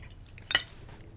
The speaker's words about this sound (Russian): Август ковыряется вилкой в тарелке.